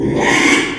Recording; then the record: squeal of a Yucatan mini pig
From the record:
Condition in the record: after surgery on the right vocal fold (resection and tissue-engineered implant); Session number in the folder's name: 3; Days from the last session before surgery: 33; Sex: male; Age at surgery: 12 weeks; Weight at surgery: 13 kg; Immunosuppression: cyclosporine, prednisolone